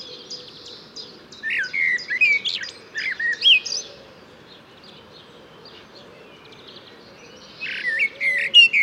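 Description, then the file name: Eurasian blackbird with fluty warbled notes and high twitters, falling silent for several seconds before a final burst of squeaky phrases. "Turdus merula"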